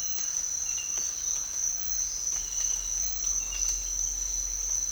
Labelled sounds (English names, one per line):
none